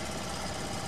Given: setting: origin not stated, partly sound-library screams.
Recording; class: one-second piece from a danger detection set; normal situation